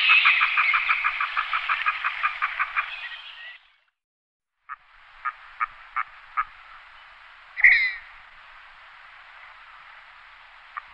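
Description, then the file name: Red-breasted merganser calling in a fast train of grating pulses for several seconds, then a pause, a few spaced clicks and one louder harsh note. "Smaskrake"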